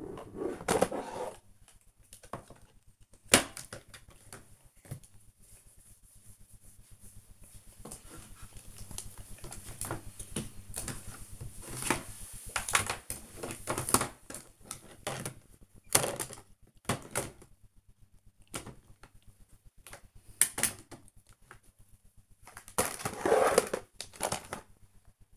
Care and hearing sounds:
household activities, microphone on the right wrist
0.00-25.37 s: tidy up the cupboard

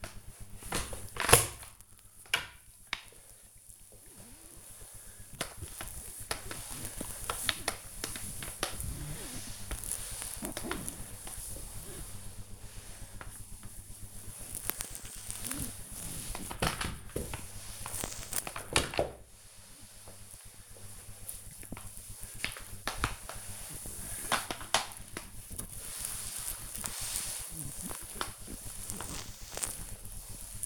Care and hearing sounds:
household activities, microphone on the right wrist
0.00-30.66 s: floor cleaning

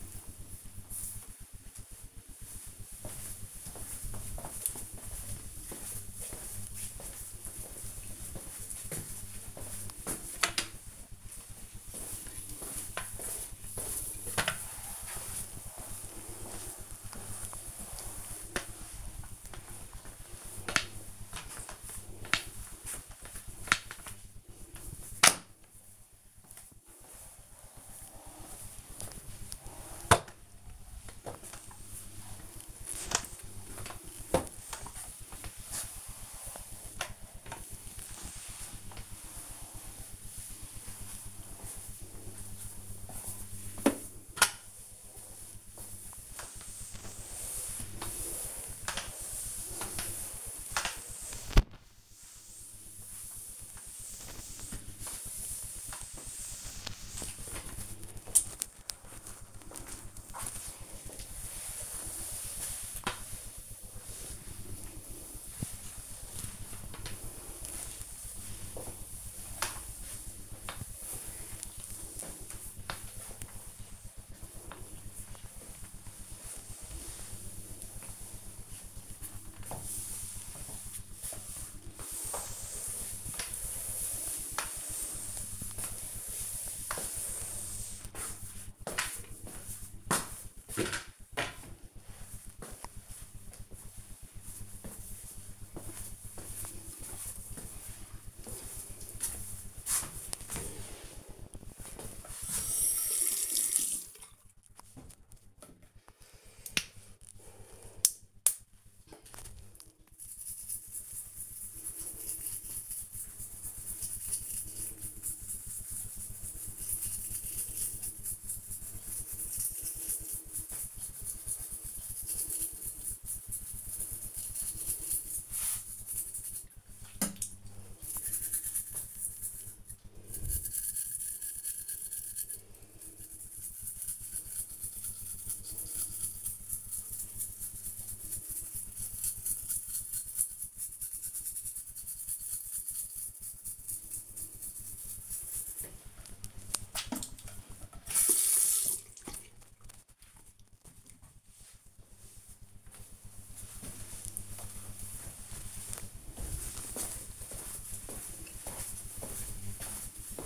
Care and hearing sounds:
household activities, microphone on the right wrist
9.29-88.88 s: floor cleaning
101.95-150.28 s: brushing teeth

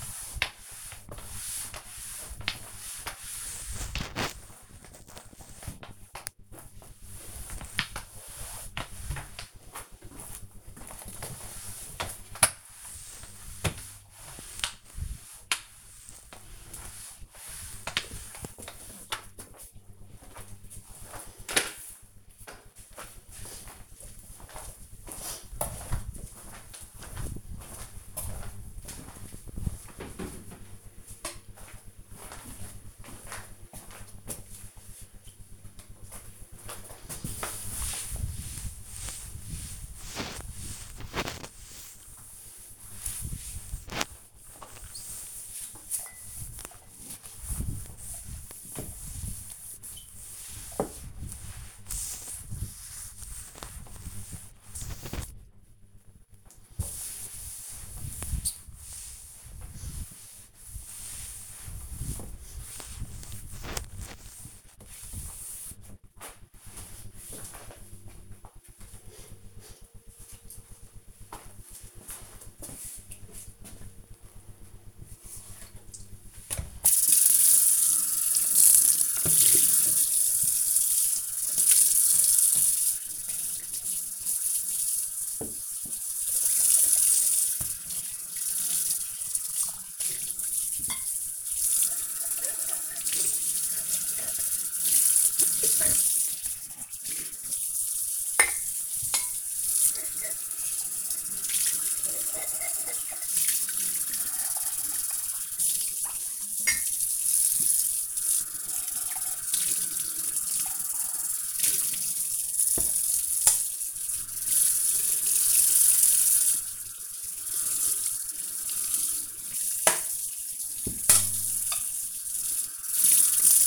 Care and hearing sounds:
household activities, microphone on the right wrist
0.00-19.50 s: floor cleaning
35.61-68.83 s: cleaning table
74.85-123.67 s: washing dishes

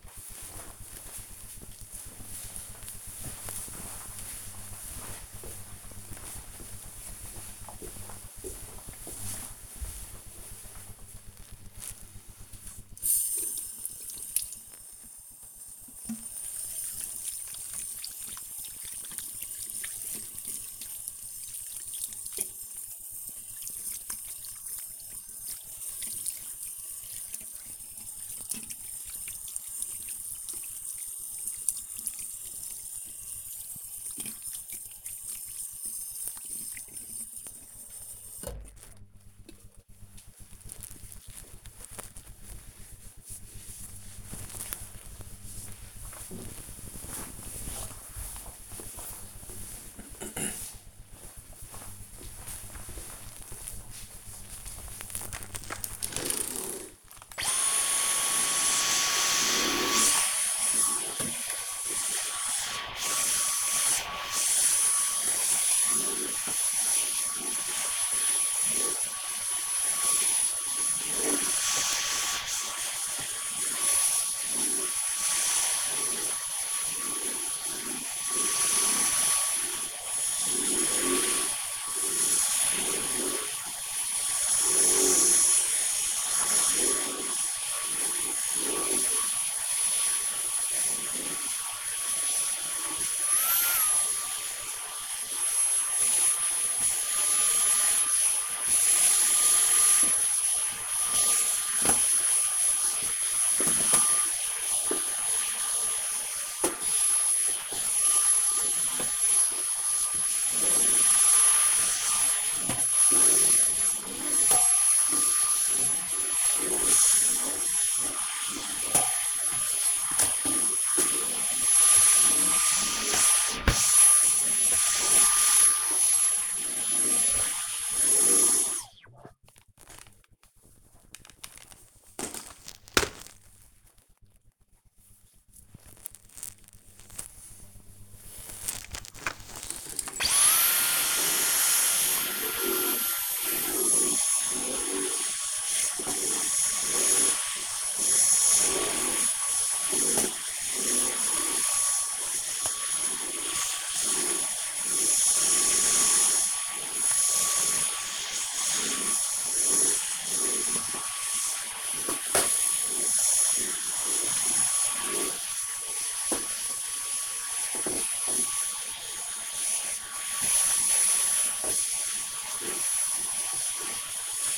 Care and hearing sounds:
household activities, microphone on the right wrist
10.60-38.77 s: washing hands
53.86-128.28 s: vacuum cleaning
137.37-174.58 s: vacuum cleaning

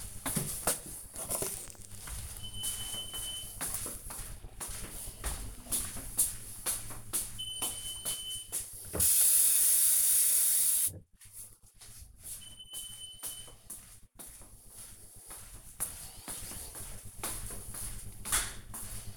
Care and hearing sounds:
household activities, microphone on the right wrist
8.09-19.17 s: watering plant

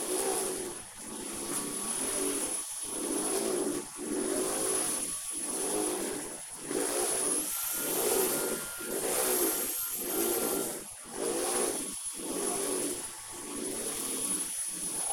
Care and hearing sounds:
household activities, microphone on the right wrist
0.00-15.13 s: vacuum cleaning

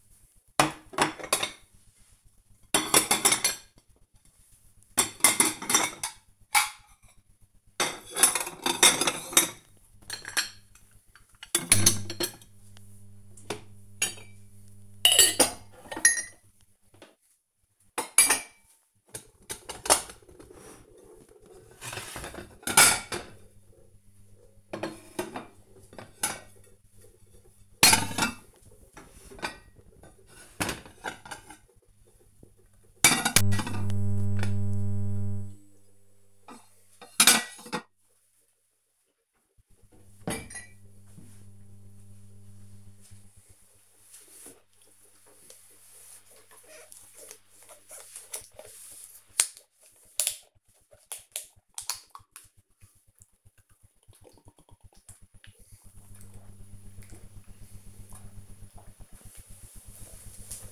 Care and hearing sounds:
household activities, microphone on the right wrist
0.00-39.31 s: putting away the dishes
46.34-60.71 s: drinking

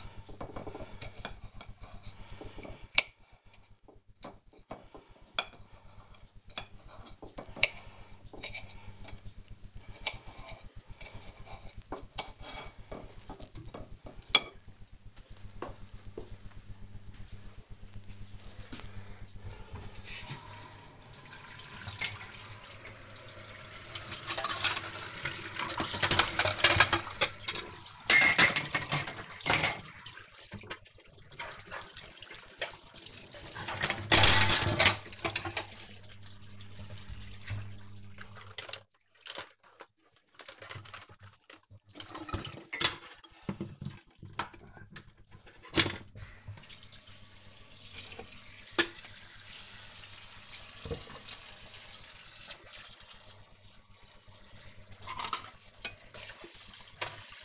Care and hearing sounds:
household activities, microphone on the right wrist
0.00-13.28 s: cutting vegetables
19.32-57.45 s: washing dishes

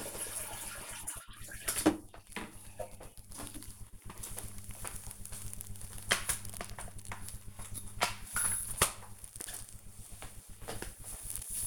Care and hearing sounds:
household activities, microphone on the right wrist
0.00-11.67 s: floor cleaning

